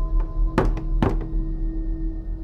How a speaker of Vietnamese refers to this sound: Tiếng gõ cửa vang lên cồm cộp trong đêm.